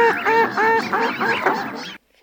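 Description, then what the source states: Northern pintail calls: a steady series of nasal, honking notes with rich harmonics, growing rougher toward the end before cutting off. Recording made for an electronic decoy caller used to lure ducks.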